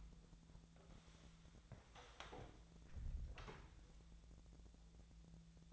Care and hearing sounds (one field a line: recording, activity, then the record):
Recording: daily activity, microphone in the room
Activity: close door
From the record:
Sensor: 3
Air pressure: 1000.4 hPa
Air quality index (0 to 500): 176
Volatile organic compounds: 3 ppm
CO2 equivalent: 1534 ppm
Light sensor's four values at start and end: 14/33/14/15 and 14/33/14/14